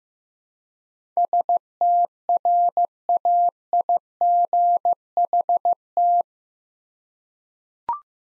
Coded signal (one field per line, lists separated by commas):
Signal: Morse code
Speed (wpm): 16 wpm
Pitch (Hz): 700 Hz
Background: none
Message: STRAIGHT